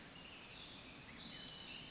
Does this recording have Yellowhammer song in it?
no